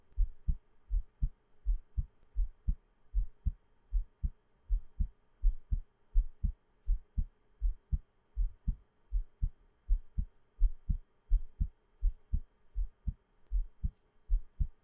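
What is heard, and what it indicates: Steady, regular low thumps in paired lub-dub beats at about 80 beats a minute, with no talking and only a faint background hum. This is an ordinary adult heartbeat heard close up.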